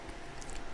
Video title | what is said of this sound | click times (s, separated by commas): Parallel Miner Power Supply 2400w | it'll snap right into place there we'll do the same thing on the other side if you want to load them both up | 0.4 s, 0.5 s